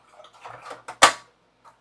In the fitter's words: Clicks in place